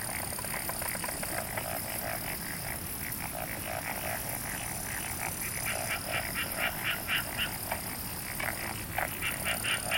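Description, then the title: Frogs calling in a steady chorus of overlapping croaks, growing more distinct in the second half with clearer rhythmic pulses. "Summer Japan, Hokkaido. Night Paddy's frogs. 夜の水田のカエル"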